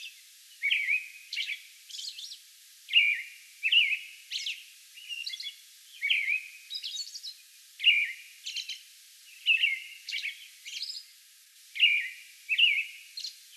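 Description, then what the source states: American robin singing a steady bout of short whistled caroling phrases, many followed by thin, squeaky high notes, with brief pauses. Song bout recorded on May 11.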